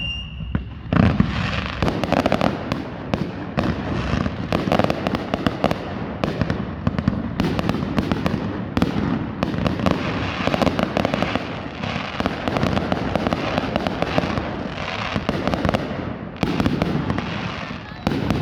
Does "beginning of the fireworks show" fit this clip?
yes